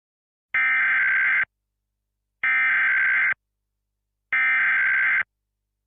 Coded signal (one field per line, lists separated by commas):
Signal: Emergency Alert System (SAME) tones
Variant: header bursts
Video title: EAS Scenario: The EPA Dome (MY LAST VIDEO IN JULY)